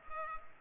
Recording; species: mosquito wingbeat signal from an infrared sensor; Culex pipiens